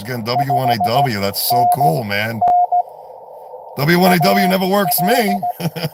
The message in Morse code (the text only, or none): 5NN AL